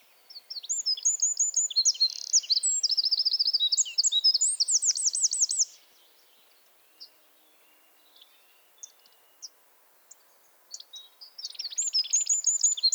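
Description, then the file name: Eurasian wren song: a long, loud outpouring of high trills and chattering notes for about six seconds, a quiet gap with scattered faint notes, then the song starts again. "Troglodytes troglodytes"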